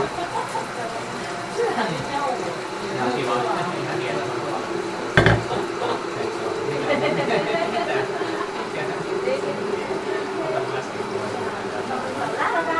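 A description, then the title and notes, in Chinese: Alley ambience in the hutongs near Beijing's Drum Tower: a steady murmur of voices talking, with a faint constant hum running underneath. Around the five-second mark a sharp knock or bang cuts through, then the chatter carries on evenly. 待在有阳光的五金（下）｜城市声音。北京鼓楼的胡同里。没有特地录说话声。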